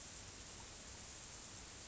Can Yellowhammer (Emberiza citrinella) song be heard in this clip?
no